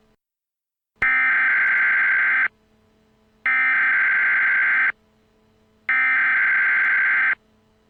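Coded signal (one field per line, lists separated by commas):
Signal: Emergency Alert System (SAME) tones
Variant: header bursts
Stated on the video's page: Fictional EAS scenario.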